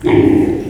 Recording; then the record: squeal of a Yucatan mini pig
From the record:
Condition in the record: before surgery on the right vocal fold (resection and tissue-engineered implant); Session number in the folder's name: 1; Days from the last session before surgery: -21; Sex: female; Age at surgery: 19 weeks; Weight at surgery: 25 kg